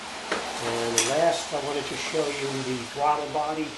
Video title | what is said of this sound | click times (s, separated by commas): How to replace the Idle Speed Motor on a Ford Windstar | and you'll feel a snap in place and | 0.3 s